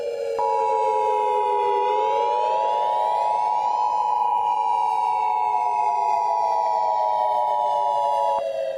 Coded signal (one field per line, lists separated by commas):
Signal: Emergency Alert System (SAME) tones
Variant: 853 and 960 Hz attention tone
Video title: random eas